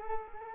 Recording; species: mosquito wingbeat signal from an infrared sensor; Culex quinquefasciatus